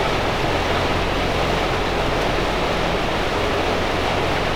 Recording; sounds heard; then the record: poultry house recording; no chicken sound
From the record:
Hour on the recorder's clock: 17